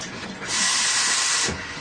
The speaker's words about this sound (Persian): قدم اول، هیچی آقا، فقط میشوریش، همین تموم شد رفت. یه خوره میشوری، چند بار آبش رو آب میکشی فقط اینکه پوست پوستای اضافیش بره.